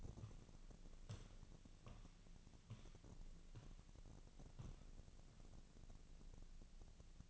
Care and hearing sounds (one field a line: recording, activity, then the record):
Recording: daily activity, microphone in the room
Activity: walk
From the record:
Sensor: 4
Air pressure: 1013.0 hPa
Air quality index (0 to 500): 174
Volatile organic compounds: 2 ppm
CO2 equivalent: 1097 ppm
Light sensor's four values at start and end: 62/154/65/69 and 62/153/65/69